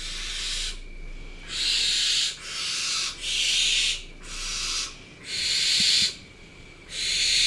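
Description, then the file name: Barn owl giving a series of breathy hissing screeches, each under a second, with short quiet gaps between. "Barbagianni"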